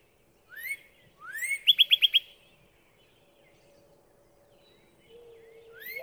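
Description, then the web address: Northern cardinal singing rising slurred whistles that lead into a rapid series of clipped notes, with a faint steady low tone in the background near the end. "birdsongforthecurious songs Northern Cardinal"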